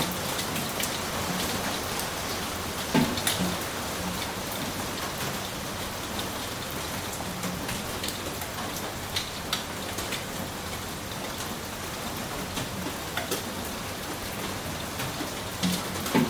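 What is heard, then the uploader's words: Rain falls steadily in a dense, even hiss that fills the whole clip. Sharper drops and taps break through irregularly, with louder clusters near the third second and again at the very end. Rain For Sleeping. The sound of rain.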